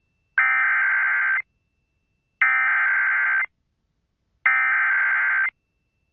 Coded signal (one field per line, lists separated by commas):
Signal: Emergency Alert System (SAME) tones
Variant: header bursts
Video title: EAS Captures: SVR For West-Central Kansas